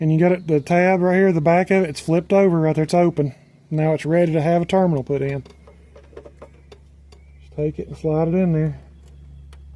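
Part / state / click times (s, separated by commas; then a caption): crimped wire terminal into weather-pack connector housing / seated / 9.5 s. A crimped wire terminal is slid into the open back of a weather-pack electrical connector housing, with its tab flipped open, while wiring an electric fan install on a 2002 GMC Sierra 5.3 LS. Someone talks, then soft handling ticks and small clicks come between about 5.7 and 7.1 s as the terminal is lined up and pushed in. It seats with a sharp click at 9.5 s.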